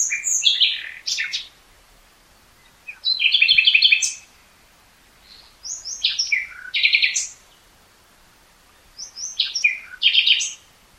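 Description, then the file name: Common nightingale song in short separate phrases every few seconds, each a mix of sharp chirps and a rapid rattling trill, with quiet gaps between. "Luscinia megarhynchos"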